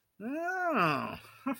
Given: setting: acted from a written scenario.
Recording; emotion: vocal sound without words; interest